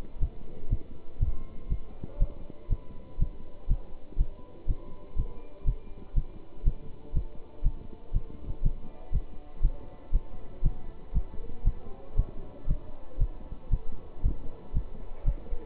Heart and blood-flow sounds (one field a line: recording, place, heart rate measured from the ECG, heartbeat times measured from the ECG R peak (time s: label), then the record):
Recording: heart sounds by stethoscope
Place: between the tricuspid and mitral areas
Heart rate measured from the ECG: 120 bpm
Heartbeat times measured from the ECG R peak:
0.19 s: heartbeat
0.69 s: heartbeat
1.19 s: heartbeat
1.68 s: heartbeat
2.18 s: heartbeat
2.68 s: heartbeat
3.18 s: heartbeat
3.67 s: heartbeat
4.17 s: heartbeat
4.66 s: heartbeat
5.15 s: heartbeat
5.64 s: heartbeat
6.14 s: heartbeat
6.64 s: heartbeat
7.13 s: heartbeat
7.62 s: heartbeat
8.12 s: heartbeat
8.62 s: heartbeat
9.11 s: heartbeat
9.61 s: heartbeat
10.11 s: heartbeat
10.62 s: heartbeat
11.12 s: heartbeat
11.63 s: heartbeat
12.15 s: heartbeat
12.66 s: heartbeat
13.18 s: heartbeat
13.69 s: heartbeat
14.21 s: heartbeat
14.72 s: heartbeat
15.24 s: heartbeat
From the record:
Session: pedaling a stationary bicycle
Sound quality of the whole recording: good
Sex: male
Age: 27 years